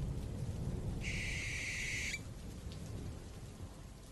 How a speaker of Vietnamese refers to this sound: Sau khi thân xác bị vùi lấp dưới đáy sông lạnh lẽo, con chim lợn rùng mình rồi cất cánh lao vụt lên tầng không. Cổ họng của nó cất lên ba tiếng kêu đầy ai oán.